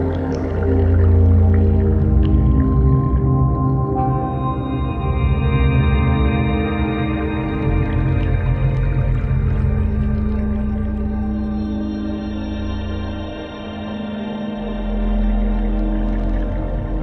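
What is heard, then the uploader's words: Underwater night sound: a dense, steady low drone with many stacked humming tones, like an engine or ship passing. The hum shifts pitch slowly, with a bright tonal layer entering around four seconds and a brief dip near fourteen seconds. The underwater atmosphere of Singapore Hydrophone Underwater Labrador Park at night.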